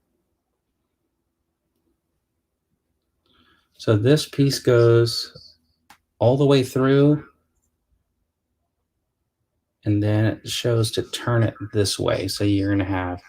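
Someone talks while a plastic model kit piece is passed all the way through its mating part and lined up before being turned to lock. A faint handling hit is heard at about 7.6 s, but nothing has seated or clicked yet.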